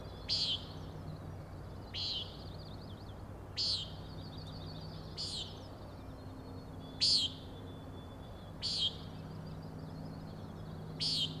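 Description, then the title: Common nighthawk peents, seven harsh nasal notes spread irregularly over the stretch, some followed by a faint high rattling trill. Three birds giving peenting calls while flying closely in follow-the-leader formation, near the recordist; Overlook, Schoodic Head, Acadia National Park, Winter Harbor, Maine; 16 June 2017, 4am. "Common Nighthawks, Schoodic Head 061617 4am"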